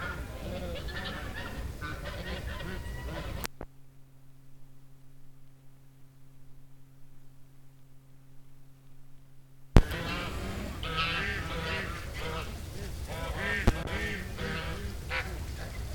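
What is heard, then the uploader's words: A gaggle of geese honks in a dense, overlapping chorus, busy, from the start until about three and a half seconds. The calls cut out abruptly to a low steady hum for roughly six seconds, then the crowded honking returns just as suddenly and continues to the end. Gaggle of geese.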